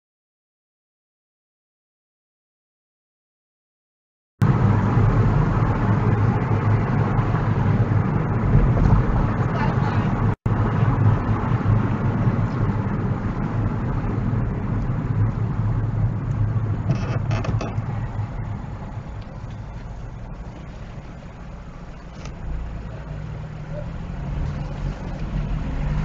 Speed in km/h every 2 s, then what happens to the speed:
35, 35, 35, 34, 34, 29, 24, 15, 8, 2, 0, 0, 8.
0-9 steady at about 35. 9-18 brakes to 2. 18-22 standing. 22-26 pulls away to 8.